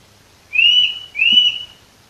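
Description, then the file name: Eurasian nuthatch whistled calls: two clear, slightly upslurred notes, each about half a second long, given in quick succession against a quiet background. "Sitta europaea"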